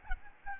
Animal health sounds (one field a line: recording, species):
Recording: mosquito wingbeat signal from an infrared sensor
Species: Aedes albopictus